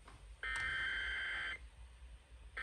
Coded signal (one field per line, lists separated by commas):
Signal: Emergency Alert System (SAME) tones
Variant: header bursts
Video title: Monterey Bay Area Monthly EAS Test on KRKC-FM (EAS #1,307)